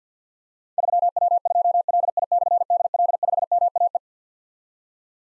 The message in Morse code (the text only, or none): 3W2LI/DL5MAE